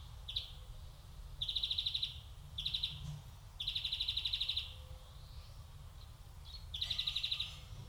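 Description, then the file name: European greenfinch repeating fast, chattering trills of varying length, some brief, some longer, against a faint low rumble. "Chloris chloris"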